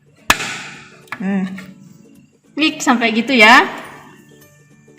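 A CMOS coin cell battery is pressed into its motherboard battery holder, and the metal clip catches with a sharp click at 0.3 s. The battery is seated. Someone talks afterward.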